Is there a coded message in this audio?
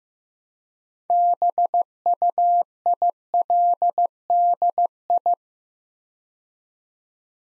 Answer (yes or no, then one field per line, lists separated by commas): yes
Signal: Morse code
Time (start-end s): 1.1-5.3 s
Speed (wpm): 15 wpm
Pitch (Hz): 700 Hz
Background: none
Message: BUILDI